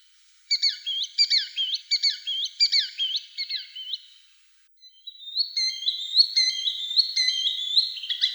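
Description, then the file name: Green sandpiper giving repeated phrases ending in upslurred whistles, then a brief gap and a denser run of high whistled notes. "Tringa ochropus"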